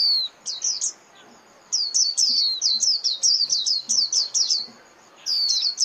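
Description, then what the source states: White-eye: bright, high chirps, a few at the start, then a long, fast series of downslurred notes and another burst at the end. White-eye lure call (mồi) used for trapping birds.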